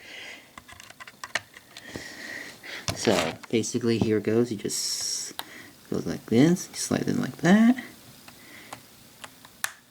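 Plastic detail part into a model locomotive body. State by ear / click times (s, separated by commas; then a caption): seated / 9.6 s. Someone talks while a small plastic detail part is slid by hand into the body of an HO-scale Athearn Genesis 2.0 SD70ACe model locomotive in Union Pacific MKT Heritage Unit livery, with light tapping and handling noises along the way. At 9.6 s the part snaps home with a sharp click and is seated in place.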